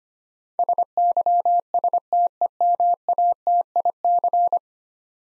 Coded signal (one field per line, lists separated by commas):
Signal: Morse code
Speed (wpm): 25 wpm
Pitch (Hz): 700 Hz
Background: none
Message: SYSTEMATIC